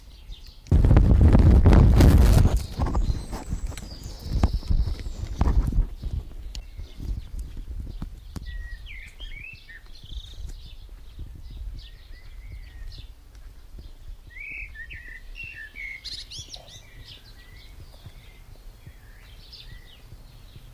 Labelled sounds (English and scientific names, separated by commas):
Common Blackbird (Turdus merula) song